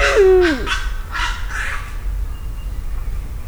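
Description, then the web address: Eurasian eagle-owl call: a strong, harsh, downward-sliding note, then several rough, noisy bursts that fade into low steady background hum. Zoo animal recorded in Szeged, Hungary, in 2011. "allathangok 2011 uhu"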